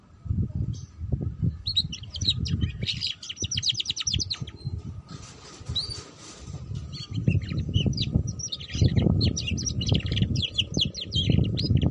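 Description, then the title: Canary song in two long runs of fast repeated trills and twittering, separated by a quieter gap, accompanied by constant low rumbling noise. Belgian canary; song to warm up and stimulate canaries to sing, for canaries learning the ngeriwik sound, suited as a lure for ngeriwik canaries. "Canto Para Esquentar Canário Belga. Suara Kenari Belajar Bunyi Ngeriwik || Cocok Untuk Pancingan Kenari Ngeriwik"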